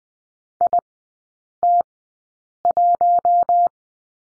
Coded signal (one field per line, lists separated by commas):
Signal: Morse code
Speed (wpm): 20 wpm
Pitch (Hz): 700 Hz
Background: none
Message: IT1